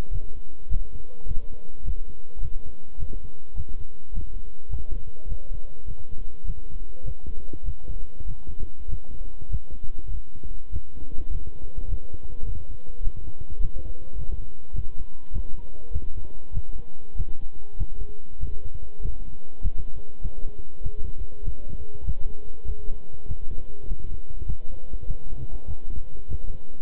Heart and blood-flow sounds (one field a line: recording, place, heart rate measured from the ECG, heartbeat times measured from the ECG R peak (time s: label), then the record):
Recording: heart sounds by stethoscope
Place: between the tricuspid and mitral areas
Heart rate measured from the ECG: 101 bpm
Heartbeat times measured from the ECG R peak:
0.11 s: heartbeat
0.69 s: heartbeat
1.26 s: heartbeat
1.83 s: heartbeat
2.40 s: heartbeat
2.97 s: heartbeat
3.54 s: heartbeat
4.12 s: heartbeat
4.69 s: heartbeat
5.27 s: heartbeat
5.85 s: heartbeat
6.44 s: heartbeat
7.03 s: heartbeat
7.63 s: heartbeat
8.25 s: heartbeat
8.88 s: heartbeat
9.49 s: heartbeat
10.09 s: heartbeat
10.70 s: heartbeat
11.30 s: heartbeat
11.87 s: heartbeat
12.44 s: heartbeat
13.02 s: heartbeat
13.59 s: heartbeat
14.16 s: heartbeat
14.73 s: heartbeat
15.31 s: heartbeat
15.91 s: heartbeat
16.52 s: heartbeat
17.15 s: heartbeat
17.76 s: heartbeat
18.39 s: heartbeat
19.00 s: heartbeat
19.61 s: heartbeat
20.20 s: heartbeat
20.81 s: heartbeat
21.42 s: heartbeat
22.04 s: heartbeat
22.64 s: heartbeat
23.26 s: heartbeat
23.86 s: heartbeat
24.45 s: heartbeat
25.05 s: heartbeat
25.65 s: heartbeat
26.28 s: heartbeat
From the record:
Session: walking at 3.7 km/h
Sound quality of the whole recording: good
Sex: male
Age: 26 years